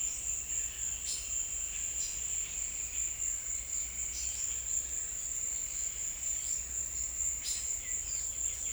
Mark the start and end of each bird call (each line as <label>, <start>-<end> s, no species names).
bird call, 7.55-8.72 s